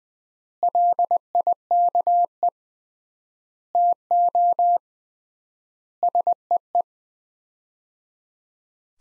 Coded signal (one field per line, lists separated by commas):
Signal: Morse code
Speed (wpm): 20 wpm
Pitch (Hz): 700 Hz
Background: none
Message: LIKE TO SEE